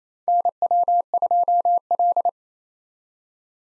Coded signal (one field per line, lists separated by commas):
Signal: Morse code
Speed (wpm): 28 wpm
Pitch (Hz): 700 Hz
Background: none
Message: NW2L